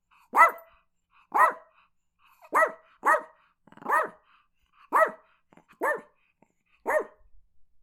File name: Chihuahua Barking